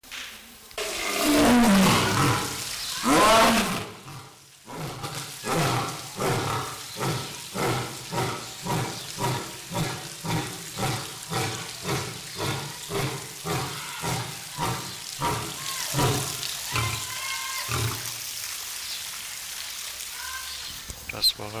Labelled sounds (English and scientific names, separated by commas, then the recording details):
Lion (Panthera leo) call
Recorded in captivity
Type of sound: call sequence
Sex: male
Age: adult
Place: Zoo Halle, Sachsen-Anhalt, DE
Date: 1999-03-30 11:50
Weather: fair, ca. 15°C
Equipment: Sony MD-WM MZ-R3, Sennheiser MKH 416 T, Kopie Uher 4000 Report Monitor
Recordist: Tembrock, Günter
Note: Männchen: Rufreihe, erst nach Beginn eingeschaltet